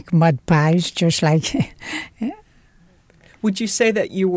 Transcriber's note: she laughs